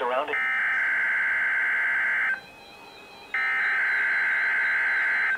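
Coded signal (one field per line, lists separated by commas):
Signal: Emergency Alert System (SAME) tones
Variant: header bursts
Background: speech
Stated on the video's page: SAME tones of a Required Weekly Test on NOAA Weather Radio.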